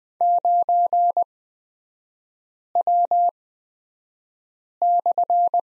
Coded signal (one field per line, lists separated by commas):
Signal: Morse code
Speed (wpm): 20 wpm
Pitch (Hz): 700 Hz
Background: none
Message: 9W/